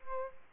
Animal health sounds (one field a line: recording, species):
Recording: mosquito wingbeat signal from an infrared sensor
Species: Aedes aegypti